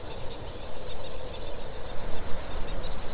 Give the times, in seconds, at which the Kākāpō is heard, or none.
none